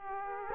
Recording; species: mosquito wingbeat signal from an infrared sensor; Aedes aegypti